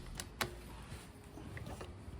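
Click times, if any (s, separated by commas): 0.4 s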